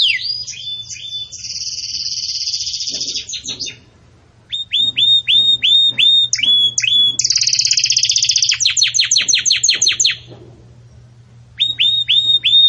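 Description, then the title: Canary song: a long buzzy trill, a pause, then repeated sharp upward-flicked notes and another rapid trill, with quiet gaps between phrases. Belgian canary song used for training chicks (encarte de filhotes); style described as campainha. "Belíssimo Canto Do Canário Belga Campainha Para Encarte De Filhotes"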